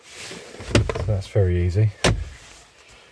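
A replacement heater blower motor resistor for a 2002 to 2007 Jeep Liberty (KJ) slides on runners back into its HVAC housing and is pushed until it clicks into place at 0.8 s, with a second small snap at 0.9 s. Someone talks afterward, and the resistor is seated.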